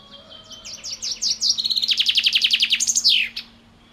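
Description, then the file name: Common chaffinch song: high chirps accelerate into a dense, descending rattle of repeated notes, then finish with a bright downward flourish. "Fringilla coelebs"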